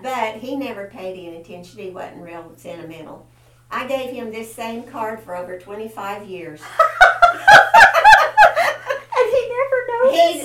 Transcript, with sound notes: But he never paid any attention, he wasn't real sentimental. I gave him the same card for over twenty-five years.
(Laughter) And he never noticed?